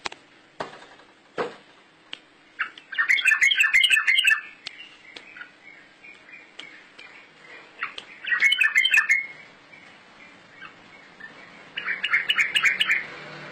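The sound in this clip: Bird song in three short bursts of tumbling, high chirps spaced several seconds apart, with a couple of sharp knocks near the start.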